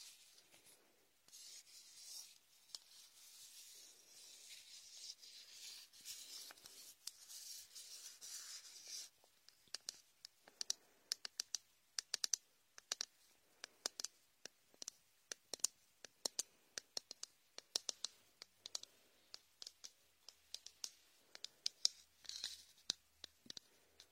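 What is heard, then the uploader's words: Bright squelching and rubbing of foam-covered latex against a microphone ear, with no voice or other sound behind it. The first nine seconds are a soft continuous smearing hiss; after that come sharp, irregular squeaks and clicks, a few each second. Latex ear massage with shaving foam for comfort.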